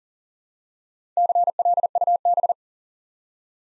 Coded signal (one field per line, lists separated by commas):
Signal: Morse code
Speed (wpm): 41 wpm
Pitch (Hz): 700 Hz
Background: none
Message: CLUB